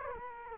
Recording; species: mosquito wingbeat signal from an infrared sensor; Culex quinquefasciatus